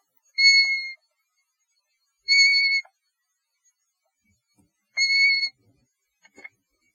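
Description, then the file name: European golden plover giving clear, plaintive whistled notes, three calls about two to three seconds apart, with a few faint clicks. "Pluvialis apricaria - European Golden Plover"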